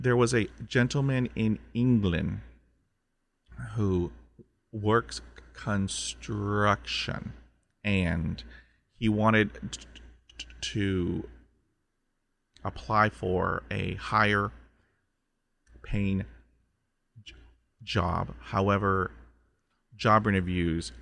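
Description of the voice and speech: Adult male speech broken by long silent blocks and stretched sounds mid-phrase, typical of stuttering.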